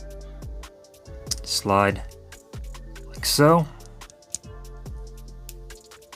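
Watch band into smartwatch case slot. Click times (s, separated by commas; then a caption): 4.3 s. A watch band end is pressed and slid into the slot on a Google Pixel Watch (Gold Hazel) smartwatch body while someone talks over background music. The release button snaps at 4.3 s and locks the band into the watch case.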